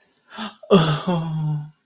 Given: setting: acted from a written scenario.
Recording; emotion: vocal sound without words; sympathy